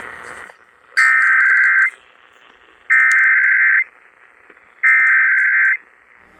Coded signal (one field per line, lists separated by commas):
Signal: Emergency Alert System (SAME) tones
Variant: header bursts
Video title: DEBUT OF KTGN/NEW MEXICO MISHAP/FAREWELL KDWN! EAS Tests from February 2023